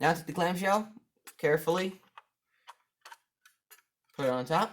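Someone talks while the rear plastic clamshell case of a Fluke 117 multimeter is picked up and lined up over the handheld meter body during a fuse replacement. Only light handling ticks are heard, around 2.2, 3.1, 3.5 and 3.7 seconds. The case has not been pressed home and nothing has seated or clicked yet.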